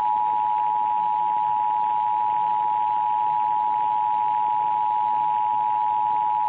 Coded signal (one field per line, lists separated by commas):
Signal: Emergency Alert System (SAME) tones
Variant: 853 and 960 Hz attention tone